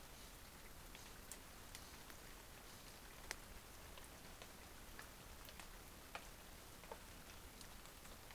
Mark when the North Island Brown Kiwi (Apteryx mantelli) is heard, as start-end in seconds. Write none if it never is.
none